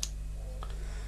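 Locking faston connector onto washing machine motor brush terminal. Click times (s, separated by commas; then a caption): 0.0 s. A locking faston spade connector with a push-button lock is pushed onto the brush terminal of a washing machine motor, giving a sharp click at 0.0 s, with a fainter tick at 0.6 s over a steady low hum. The connector seats and stays hooked on.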